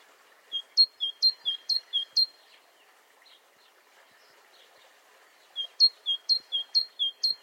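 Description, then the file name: Great tit song of repeated two-note phrases, in two bursts separated by a few seconds. "Parus major"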